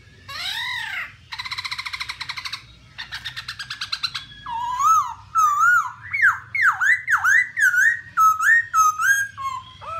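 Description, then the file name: Black-throated laughingthrush singing: arched whistles, two harsh rattling bursts, then a run of clear swooping whistled notes, dipping and rising. "tieng khuou bac ma hot"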